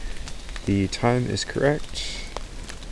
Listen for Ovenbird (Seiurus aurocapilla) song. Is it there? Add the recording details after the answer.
no. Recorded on 1 June 2016 at 15:26. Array SBT-3-7